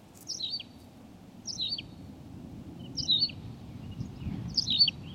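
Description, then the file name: Tawny pipit delivering four quick, slurred chirped phrases at uneven intervals, with softer notes between and a low background hum. "Pipit rousseline Anthus campestris"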